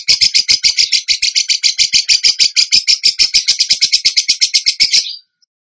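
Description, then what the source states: Bird song: a five-second burst of quick, piercing repeated notes delivered as one continuous rattle, ending sharply. Bird singing actively (gacor) in the tembakan song style, from a masteran (training) recording.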